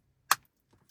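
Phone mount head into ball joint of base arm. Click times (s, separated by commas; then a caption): 0.3 s. A magnetic Torras MagSafe phone mount head is pressed onto the ball of its suction base arm and pops into the ball joint with a sharp, bright click at 0.3 s, followed by a few faint ticks. The head is seated in the ball joint, ready for the screw to be tightened.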